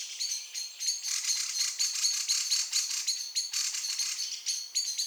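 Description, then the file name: Common blackbird calls, a busy run of sharp, high chattering notes with ringing overtones, coming in quick uneven bursts with brief pauses. "Turdus merula"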